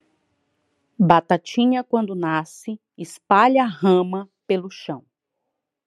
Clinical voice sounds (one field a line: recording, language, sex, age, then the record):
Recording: short text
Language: Brazilian Portuguese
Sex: female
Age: 30 to 39 years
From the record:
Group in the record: control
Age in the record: 36 years